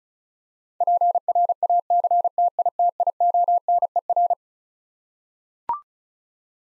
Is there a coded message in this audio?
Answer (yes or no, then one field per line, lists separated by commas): yes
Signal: Morse code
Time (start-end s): 0.8-4.3 s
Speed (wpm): 36 wpm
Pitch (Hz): 700 Hz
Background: none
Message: PRACTITIONER